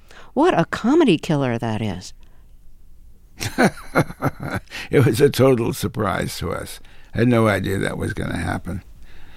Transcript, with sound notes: What a comedy killer that is.
(Laughter) It was a total surprise to us. I had no idea that was going to happen.